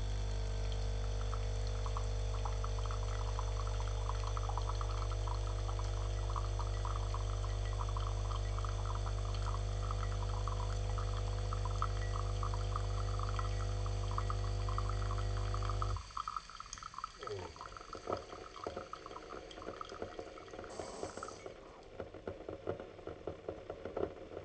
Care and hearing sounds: daily activity, microphone in the room; make coffee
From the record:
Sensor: 4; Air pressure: 1010.1 hPa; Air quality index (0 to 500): 181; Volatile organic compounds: 5 ppm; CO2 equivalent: 1834 ppm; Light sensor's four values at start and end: 29/87/34/34 and 29/87/34/33

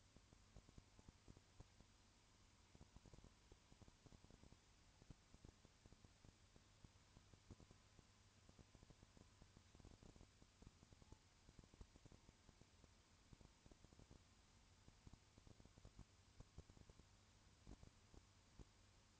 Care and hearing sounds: daily activity, microphone in the room; no activity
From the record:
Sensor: 2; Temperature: 20.3 degrees Celsius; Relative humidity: 35.5%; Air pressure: 1000.9 hPa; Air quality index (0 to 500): 196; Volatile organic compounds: 5 ppm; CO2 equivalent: 1728 ppm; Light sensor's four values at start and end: 2/3/2/2 and 2/3/2/2

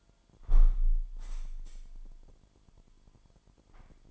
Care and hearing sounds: daily activity, microphone in the room; close window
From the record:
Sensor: 5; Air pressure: 998.2 hPa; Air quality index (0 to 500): 93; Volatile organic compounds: 2 ppm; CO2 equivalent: 1060 ppm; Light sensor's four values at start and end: 22/54/22/24 and 22/54/22/24

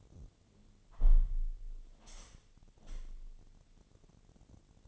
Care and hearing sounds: daily activity, microphone in the room; close window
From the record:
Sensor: 4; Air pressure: 1007.1 hPa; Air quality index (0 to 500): 182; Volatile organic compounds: 5 ppm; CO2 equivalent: 1817 ppm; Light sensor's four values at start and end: 23/73/28/27 and 23/73/28/27

